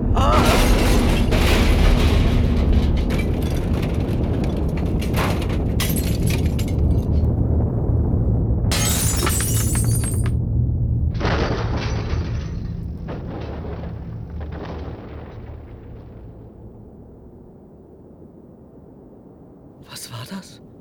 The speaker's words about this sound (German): Das war mal unser Auto. Aber das kann doch nicht sein. Auseinandergefallen. Wie Schrott.